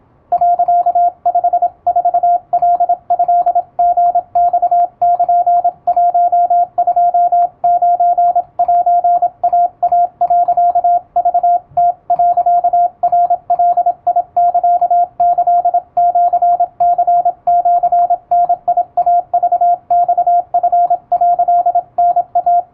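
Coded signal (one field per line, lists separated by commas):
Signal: Morse code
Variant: Japanese Wabun code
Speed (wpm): 27 wpm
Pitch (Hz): 700 Hz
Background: radio noise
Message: 、54カトリマル129セイイ、クム、ナガサキシニシダイクマチ」タイ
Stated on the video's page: Morse sent at speed with an electronic keyer, Japanese telegram practice text for radiotelegraph operator receiving exam practice.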